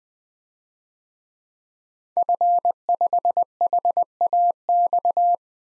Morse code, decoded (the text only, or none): F5HAX